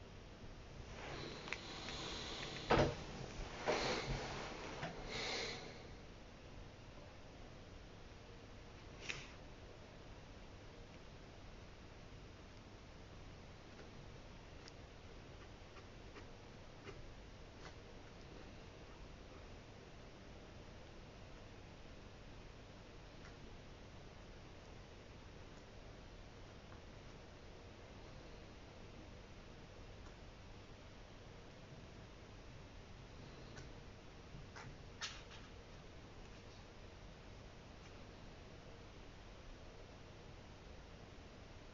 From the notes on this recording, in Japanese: 本の「はじめに」ないしそれに当たる部分だけを読み、印象に残った一節を書き写しているときの音